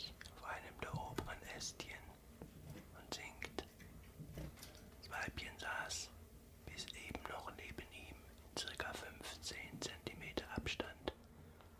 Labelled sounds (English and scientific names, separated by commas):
Common Chiffchaff (Phylloscopus collybita)